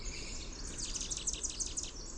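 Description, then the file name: Chestnut-backed chickadee gargle, a rapid string of thin high notes of even spacing, somewhat veiled by steady hiss. "CBCH gargle"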